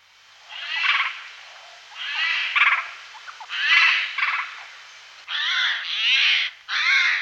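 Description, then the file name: Eurasian jay uttering harsh, rasping screeches in bursts about a second long, repeated several times. "Skovskade"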